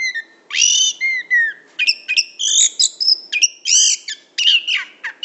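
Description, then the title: Lovebird chattering, loud screechy notes and buzzy squeaks in quick succession. Lure call (pikat) used to attract lovebirds. "PIKAT BURUNG LOVEBIRD"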